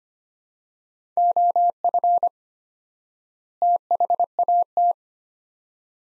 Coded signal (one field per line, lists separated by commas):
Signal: Morse code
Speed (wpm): 25 wpm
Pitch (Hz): 700 Hz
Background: none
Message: OF THAT